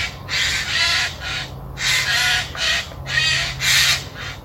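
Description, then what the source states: Eurasian jay giving harsh, screeching calls: several broad rasping bursts in quick succession over a faint low hum. Played for comparison with the nutcracker; the jay's call is described as more screeching.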